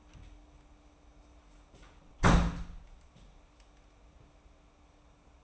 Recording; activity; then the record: daily activity, microphone in the room; close door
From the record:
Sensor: 1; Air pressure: 994.3 hPa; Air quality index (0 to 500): 213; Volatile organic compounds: 1000 ppm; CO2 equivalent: 7670 ppm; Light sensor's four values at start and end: 84/189/85/92 and 84/188/84/91